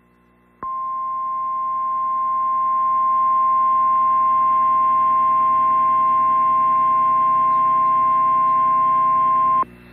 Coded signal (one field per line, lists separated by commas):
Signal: Emergency Alert System (SAME) tones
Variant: 1050 Hz attention tone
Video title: (EXTREMELY RARE) NOAA Weather Radio Weekly Test on WCCC Hartford, Connecticut (11/30/22) (EAS #64)